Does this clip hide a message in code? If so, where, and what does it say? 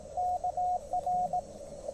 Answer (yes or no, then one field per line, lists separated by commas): yes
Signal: Morse code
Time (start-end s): 0.2-1.4 s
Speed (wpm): 19 wpm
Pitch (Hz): 700 Hz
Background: radio noise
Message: KR